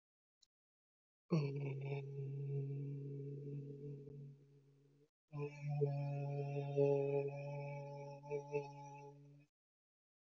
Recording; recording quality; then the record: sustained vowel as in made; excellent, no background noise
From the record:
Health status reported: healthy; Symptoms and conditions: none ticked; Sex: male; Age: 32 years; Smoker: not ticked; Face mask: not worn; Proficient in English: yes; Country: India